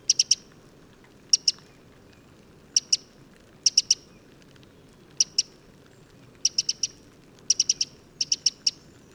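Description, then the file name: Eurasian wren calls: sharp high ticking notes in clusters of a few, repeated at short intervals, with steady low background rumble. "Troglodytes troglodytes"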